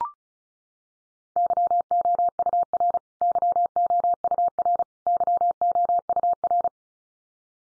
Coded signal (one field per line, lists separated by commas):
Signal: Morse code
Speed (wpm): 34 wpm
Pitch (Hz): 700 Hz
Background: none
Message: YOUR YOUR YOUR